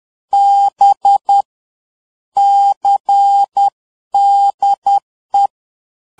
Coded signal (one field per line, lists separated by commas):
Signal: Morse code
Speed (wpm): 10 wpm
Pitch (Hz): 800 Hz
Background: none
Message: B CDE